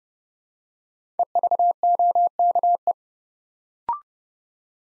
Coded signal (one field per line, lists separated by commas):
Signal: Morse code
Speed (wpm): 30 wpm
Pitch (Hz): 700 Hz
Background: none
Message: EVOKE